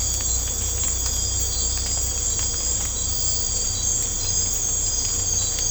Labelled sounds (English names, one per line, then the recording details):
none
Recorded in secondary vegetation near Puerto Asís, Putumayo, Colombia, on 18 December 2024 at 01:30
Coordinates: 0.502, -76.326
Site G028